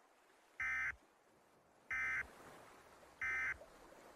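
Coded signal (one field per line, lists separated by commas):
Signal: Emergency Alert System (SAME) tones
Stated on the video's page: Fictional scenario recreation of a marine waterspout alert.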